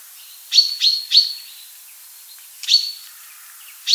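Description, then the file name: Common chaffinch calls, short sharp high notes in a quick group of three, then two more after a pause. "buchfinke"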